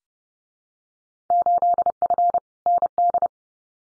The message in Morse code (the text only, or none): 8F ND